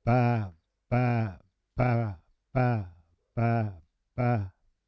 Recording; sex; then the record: repeated syllable /pa/; male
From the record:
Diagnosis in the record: Parkinson's disease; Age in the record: 70 years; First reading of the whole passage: 65 s, 7.9 characters per second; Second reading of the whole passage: 60 s, 8.6 characters per second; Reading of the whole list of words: 48 s, 5.8 characters per second